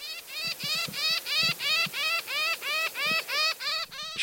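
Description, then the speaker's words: Northern Shrike giving a series of many rapid, squeaky notes in a steady rhythm, about three per second. A predatory songbird whose voice is not very melodious. "the northern shrike, which is a songbird, but not a super melodious one."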